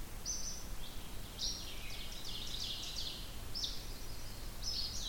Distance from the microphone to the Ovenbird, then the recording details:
about 80 m. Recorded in boreal forest in Alberta, Canada, on 16 June 2016 at 06:12. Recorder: SongMeter 3, array SBT-3-32. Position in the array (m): 114 m, 145 m. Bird 37